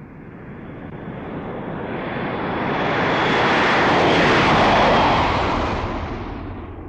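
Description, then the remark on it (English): A propeller airplane engine drones steadily, swelling louder toward the middle as it passes overhead and then easing off, a broad roaring rumble with no talking. “Listen, this is a plane.”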